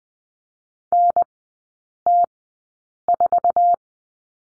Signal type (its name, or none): Morse code